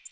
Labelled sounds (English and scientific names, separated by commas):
Nashville Warbler (Leiothlypis ruficapilla) flight call